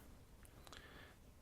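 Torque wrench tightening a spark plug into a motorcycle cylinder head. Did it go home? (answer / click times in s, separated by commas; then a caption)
yes / 0.7 s. A new spark plug is tightened into a motorcycle cylinder head with a ratcheting torque wrench set to about 17 ft-lb. Faint, sharp ticks come through a low background hum, and the wrench's quiet click lands at 0.7 s, reaching the set torque.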